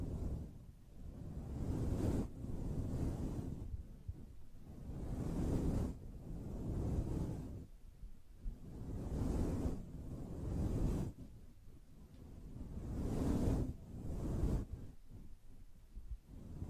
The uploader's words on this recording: ASMR Gently Brushing Your Brain (No Talking).